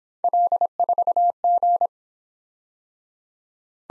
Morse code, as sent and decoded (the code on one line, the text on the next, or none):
.-.. ....- --.
L4G